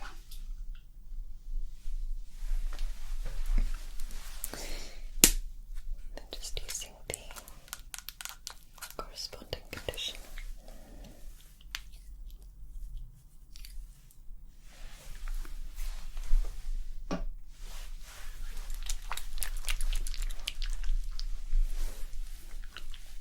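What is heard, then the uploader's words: Layered scalp-treatment and hair-brushing sounds: dense crackling, crinkling and soft scratching with frequent sharp taps and clicks, busiest around 5–12 seconds and again after 15 seconds. A quieter stretch falls near 13 seconds, and a steady low hum runs underneath throughout. ASMR Scalp Treatment + Hair Wash Roleplay Massage, Layered Sounds & Hair Brushing for Sleep.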